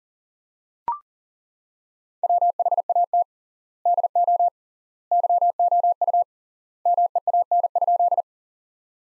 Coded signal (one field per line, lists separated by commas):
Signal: Morse code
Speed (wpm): 37 wpm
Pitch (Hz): 700 Hz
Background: none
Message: WHAT DO YOU MEAN?